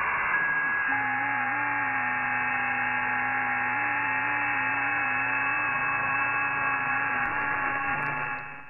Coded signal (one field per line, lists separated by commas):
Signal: FT8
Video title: How to use SDR ++︱ Start Guide to SDR Plus Plus